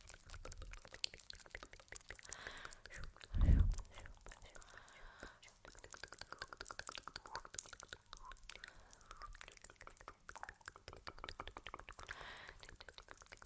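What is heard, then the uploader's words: Quiet mouth sounds: wet clicks, smacks and soft tongue noises come in a dense, irregular stream throughout. A louder low thump lands around three and a half seconds, perhaps a tap or touch, and faint whispery breaths drift underneath. Layered Sounds (Sleepy Mouth Sounds, Face Touching, Tapping).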